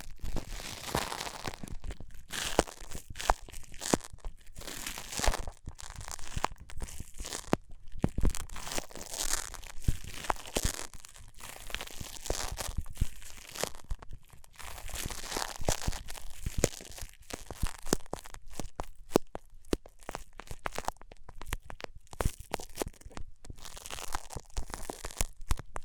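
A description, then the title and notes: A band-aid is being ripped off, a run of dense, crackly tearing and crinkling that carries on through the whole stretch. Sharp bright clicks and rips come fast and irregularly, with brief gaps of near silence scattered between bursts. ASMR Ripping Off the Band Aid (No Talking).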